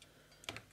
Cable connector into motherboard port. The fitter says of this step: snap there we go that one's in and